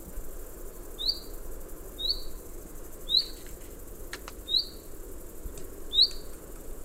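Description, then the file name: Common chaffinch giving five single high, sharp call notes, with a few faint clicks in the background. "Fringilla coelebs"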